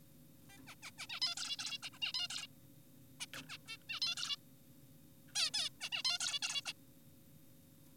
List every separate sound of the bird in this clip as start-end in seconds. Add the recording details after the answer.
0.50-0.58, 0.67-0.75, 0.83-0.91, 0.98-1.07, 1.10-1.20, 1.22-1.35, 1.37-1.56, 1.59-1.78, 1.83-1.90, 1.93-1.99, 2.02-2.12, 2.14-2.28, 2.30-2.47, 3.20-3.26, 3.34-3.42, 3.49-3.58, 3.68-3.77, 3.90-4.00, 4.02-4.16, 4.17-4.36, 5.28-5.32, 5.35-5.51, 5.54-5.70, 5.81-5.90, 5.92-6.03, 6.05-6.19, 6.20-6.39, 6.42-6.62, 6.66-6.72. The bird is an adult. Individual g4p5U